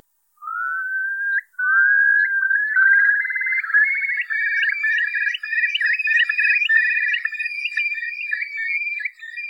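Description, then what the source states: Eurasian curlew call, a rising whistle building into a long bubbling trill of rapid rising notes. Recorded across the mudflats of Derby Haven, Isle of Man.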